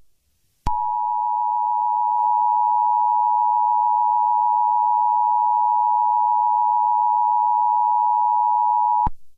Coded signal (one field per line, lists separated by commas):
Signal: Emergency Alert System (SAME) tones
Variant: 853 and 960 Hz attention tone